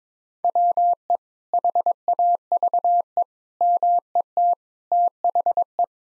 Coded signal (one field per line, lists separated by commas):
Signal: Morse code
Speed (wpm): 22 wpm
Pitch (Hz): 700 Hz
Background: none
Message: WE HAVE MET THE